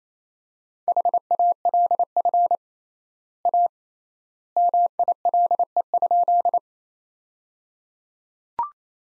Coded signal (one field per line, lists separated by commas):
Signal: Morse code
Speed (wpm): 28 wpm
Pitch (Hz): 700 Hz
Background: none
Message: HALF A MILE?